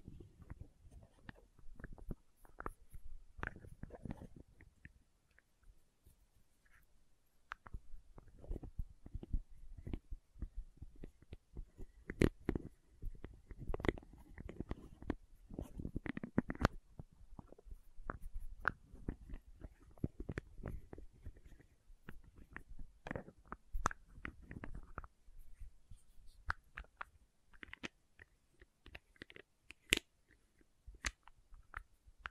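Lid sounds and bottle tapping, with scratching, run through the whole clip as dense, irregular clicks, taps and rubbing noises. Sharp bright knocks stand out around 12, 16 and 30 seconds, over a low scraping rumble. Activity thins briefly near 6 seconds.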